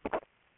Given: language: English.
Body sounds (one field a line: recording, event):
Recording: throat vibration sensor signal played as sound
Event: swallow